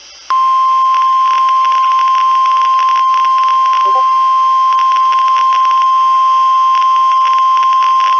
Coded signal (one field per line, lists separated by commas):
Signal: Emergency Alert System (SAME) tones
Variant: 1050 Hz attention tone